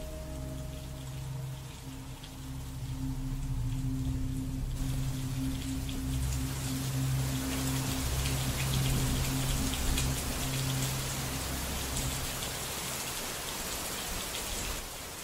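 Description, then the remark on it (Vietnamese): Heavy rain pours down in a dense, steady hiss that swells into a full downpour after a few seconds, with a low sustained droning tone underneath and no voices. “Cho đến khi ông Chánh Hội lăn ra ngất xỉu, mưa xối xả vào mặt cũng chẳng biết gì.”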